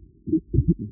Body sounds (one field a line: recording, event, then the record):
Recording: neck accelerometer signal played as sound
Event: voluntary cough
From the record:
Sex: male